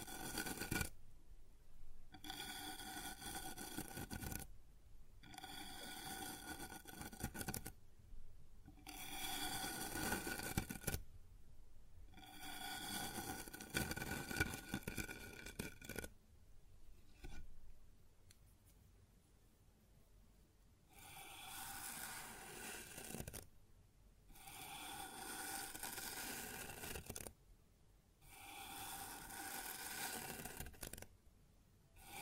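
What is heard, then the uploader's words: Sounds on a wooden surface come in repeated bursts of rough scraping or rubbing, each lasting one to three seconds with short quiet gaps between. The strokes are dense and gritty, with a bright edge, and a quieter stretch falls around the middle. ASMR Sounds on Wooden Surface (No Talking).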